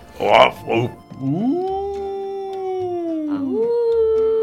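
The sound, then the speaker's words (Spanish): After a couple of brief vocal sounds, a person imitates a wolf howl: a long, steady tone that swoops upward, holds, sags, then rises again into a second howl. “Tú pareces un lobo.”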